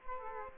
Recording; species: mosquito wingbeat signal from an infrared sensor; Culex quinquefasciatus